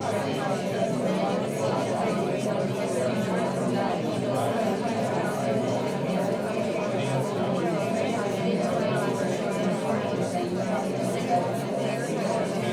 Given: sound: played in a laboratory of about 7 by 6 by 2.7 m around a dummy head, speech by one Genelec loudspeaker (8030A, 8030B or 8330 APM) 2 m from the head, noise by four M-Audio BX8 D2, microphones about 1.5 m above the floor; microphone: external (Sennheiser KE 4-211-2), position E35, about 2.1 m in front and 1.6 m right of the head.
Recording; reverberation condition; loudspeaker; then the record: babble noise; low; four, about 170 cm from the corners of the room and facing them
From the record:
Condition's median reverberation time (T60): about 310 ms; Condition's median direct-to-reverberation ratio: about 3.5 dB